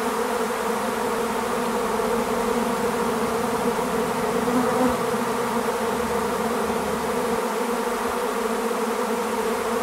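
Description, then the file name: Honey bees in a swarm, an unbroken, thick buzzing hum with even loudness throughout. "sonido enjambre de Abejas"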